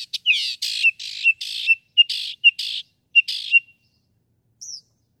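Northern mockingbird song: a rapid string of harsh, noisy bursts mixed with sharp clear whistles, ending in one thin high note.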